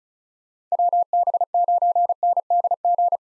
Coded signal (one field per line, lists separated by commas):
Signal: Morse code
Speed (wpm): 36 wpm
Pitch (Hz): 700 Hz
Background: none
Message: WB9NDG